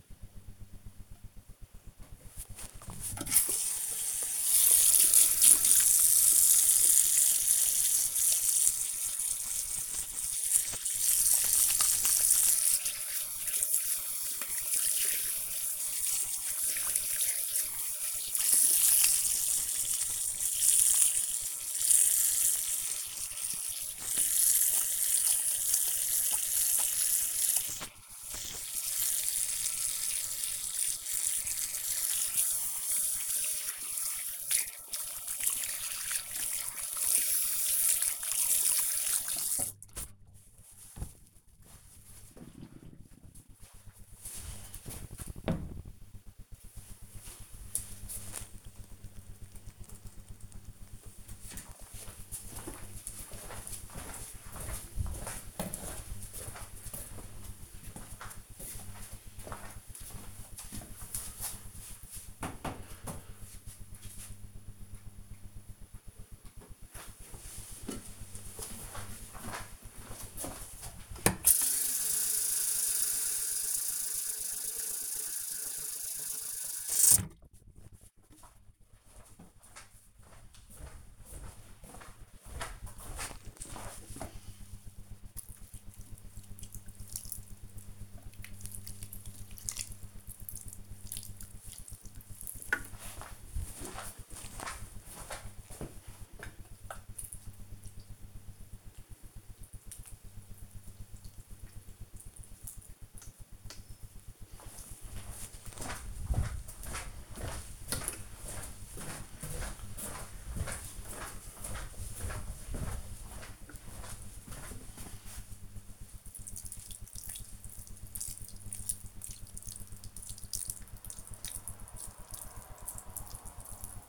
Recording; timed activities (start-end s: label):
household activities, microphone on the right wrist
1.75-39.99 s: washing hands
66.11-124.09 s: watering plant